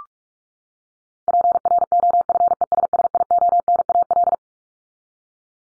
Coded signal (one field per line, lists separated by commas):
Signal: Morse code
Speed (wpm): 44 wpm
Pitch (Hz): 700 Hz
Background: none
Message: PROFESSIONAL